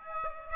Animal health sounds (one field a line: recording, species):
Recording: mosquito wingbeat signal from an infrared sensor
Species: Aedes aegypti